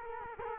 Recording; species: mosquito wingbeat signal from an infrared sensor; Culex quinquefasciatus